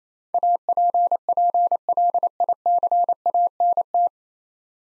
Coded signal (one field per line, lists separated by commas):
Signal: Morse code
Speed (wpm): 27 wpm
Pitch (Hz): 700 Hz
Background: none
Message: APPLICANT